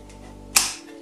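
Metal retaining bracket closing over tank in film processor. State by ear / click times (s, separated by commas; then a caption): seated / 0.6 s. A metal retaining bracket is swung over the tank of a 2020 Filmomat fully automatic film processing machine to close it, with music playing underneath. A sharp click at 0.6 s marks the bracket snapping shut on the processor, and it is seated and closed.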